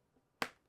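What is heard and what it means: A magnetic wrist rest for a be quiet! Light Mount mechanical keyboard is attached to the keyboard's front edge a second time to show the two joined. A single sharp snap is heard at 0.4 s, and the wrist rest is seated and connected.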